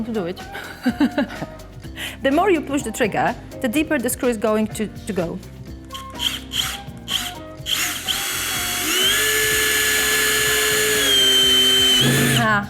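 Someone talks while a BAHCO drill/driver drives a screw hard, its motor whining steadily from about 8 s and rising in pitch near 11 s before cutting off near 12.6 s. The driver bit cams out of the screw head, stripping the screw and ruining both the bit and the screw. Nothing clicks; the bit simply jumps out.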